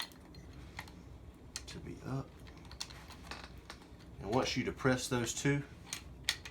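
During reassembly of a Remington 870 pump-action shotgun, the two steel magazine catches on each side of the receiver are pressed so the bolt assembly slides back into the receiver, with light metallic handling clicks throughout while someone talks. A sharp metallic click at 6.3 s marks the bolt locking into place.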